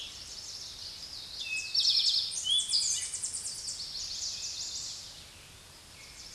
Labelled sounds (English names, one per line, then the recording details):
Eastern Towhee song
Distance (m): 15 m
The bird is about 5 m above the microphone
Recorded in a Pennsylvania forest on 16 May 2024 at 06:40
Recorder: AudioMoth, point MSD-0788
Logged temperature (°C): 16.6 °C
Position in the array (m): 86 m, 4 m